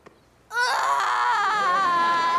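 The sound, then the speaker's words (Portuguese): A loud, sustained wail of crying from an overjoyed person starts abruptly after a brief quiet moment and holds steady, with a high, tonal, slightly wavering pitch and no pauses. “A minha bebê está tão feliz por mim que até vai começar a chorar. Chora à vontade, querida. Chora.”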